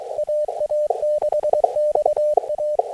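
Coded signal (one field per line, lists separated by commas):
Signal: Morse code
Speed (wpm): 22 wpm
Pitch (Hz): 590 Hz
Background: none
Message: AA6XA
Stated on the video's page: Raw footage of a QRP SOTA summit activation on Leppy Peak.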